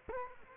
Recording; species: mosquito wingbeat signal from an infrared sensor; Culex quinquefasciatus